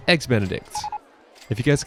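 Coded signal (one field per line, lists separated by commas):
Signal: none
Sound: a game's interface beeps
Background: speech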